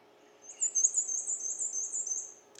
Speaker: A black and white warbler, we may see some of those today. They sound like a squeaky roller skate to me.